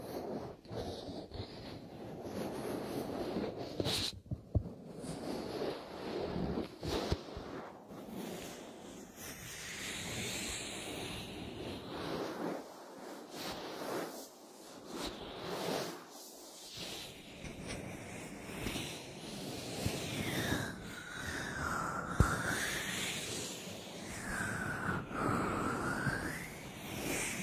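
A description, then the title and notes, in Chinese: Essential oil ear massage: continuous slick rubbing and swishing against the microphone, with soft sweeping strokes and occasional sharp taps. 精油开耳。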